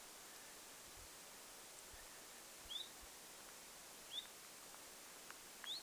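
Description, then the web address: Common chiffchaff giving three quick rising whistles spaced well apart, against even background noise. Recorded 27 August 2026; call rendered as 'zuit' or 'hyit'. "paivat 27 8 2026 zuit vaiko hyit-tiltaltti"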